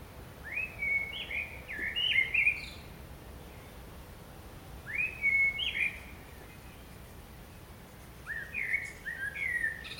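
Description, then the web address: Common blackbird delivering melodious fluted phrases with chattering high tails, three bursts separated by pauses of a few seconds, faint hiss between them. "SETE Turdus merula"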